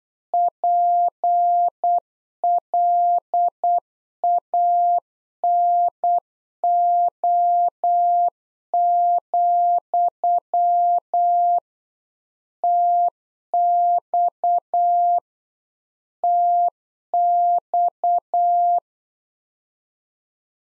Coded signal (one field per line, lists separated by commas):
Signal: Morse code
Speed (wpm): 8 wpm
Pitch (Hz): 700 Hz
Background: none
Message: PLANO, TX TX